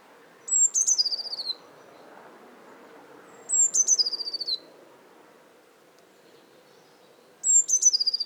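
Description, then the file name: Eurasian blue tit repeating its song three times, a high whistle leading into a fast downward trill, phrases roughly three to four seconds apart over soft background rumble. "Cyanistes caeruleus"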